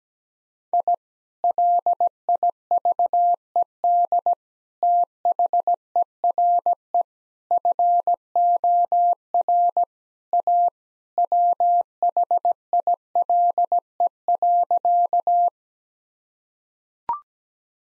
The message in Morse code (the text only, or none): I LIVED THERE FOR A WHILE.